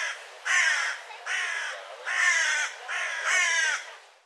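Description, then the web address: Bird giving rasping, nasal caws, five broad grating calls in a row with short gaps. "cianscape birddata Deverinetal 2025 File cleaned normalized Bird"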